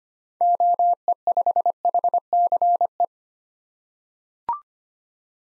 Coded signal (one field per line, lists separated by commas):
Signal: Morse code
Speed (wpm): 25 wpm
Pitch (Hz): 700 Hz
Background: none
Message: OE5HCE